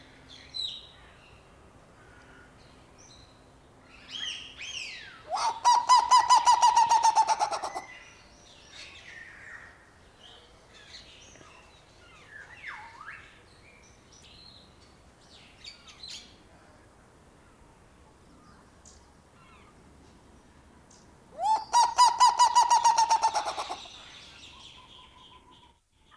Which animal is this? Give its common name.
Black-legged Seriema